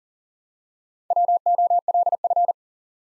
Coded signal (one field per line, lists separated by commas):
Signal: Morse code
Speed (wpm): 38 wpm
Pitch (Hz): 700 Hz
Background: none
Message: WOLF